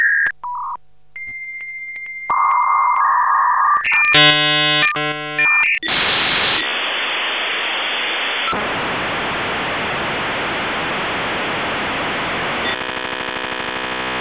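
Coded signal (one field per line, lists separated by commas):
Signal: dial-up modem handshake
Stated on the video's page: Dial-up modem tone played in the game Audiosurf.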